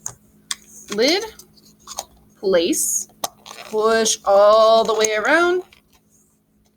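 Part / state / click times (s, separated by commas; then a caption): plastic lid onto paint container / not seated / none. A plastic lid is placed on a plastic paint container and pushed down all the way around the rim, so the paint won't end up everywhere. A few short, sharp taps sound near 0.1, 0.5 and 2.0 seconds while someone talks. Nothing has clicked or seated yet.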